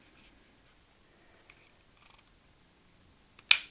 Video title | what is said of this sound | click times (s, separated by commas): How to Field Strip: CANiK TP9 Combat Executive | will hear a "click", and the Slide will move slightly forward. That's fine. | 3.5 s